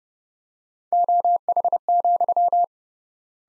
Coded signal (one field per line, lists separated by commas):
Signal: Morse code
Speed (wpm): 32 wpm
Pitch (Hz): 700 Hz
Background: none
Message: OH,